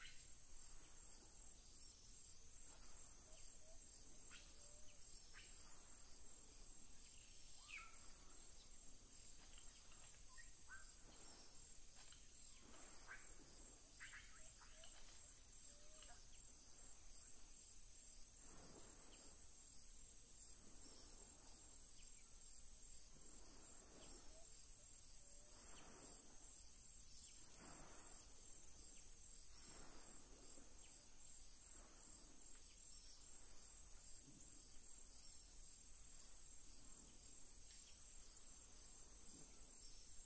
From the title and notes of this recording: Floresta Tropical- Mata Atlântica/Tropical Forest-Atlantic Forest. As florestas ombrófilas densas submontanas se estendem pelas encostas das serras entre as altitudes de 50 a 500 metros.